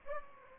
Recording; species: mosquito wingbeat signal from an infrared sensor; Aedes aegypti